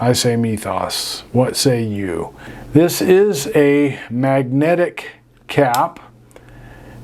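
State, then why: Seated. Someone talks, then the magnetic cap of a Visconti Mirage Mythos Poseidon fountain pen is put onto the pen body. Small clicks are heard at 6.3, 6.4 and 6.5 seconds as the cap seats on the body.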